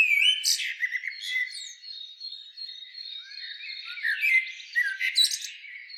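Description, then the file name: Common blackbird calling with sliding, warbled notes and sharp high squeaky bursts, over a steady thin high hum through most. "Turdus merula"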